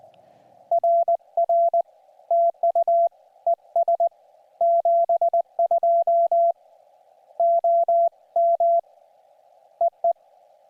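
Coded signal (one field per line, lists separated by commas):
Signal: Morse code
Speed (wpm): 19 wpm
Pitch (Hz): 680 Hz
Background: none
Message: RR TU ES 72 OM EE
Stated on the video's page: Summits on the Air activations on three summits using an Elecraft KX2.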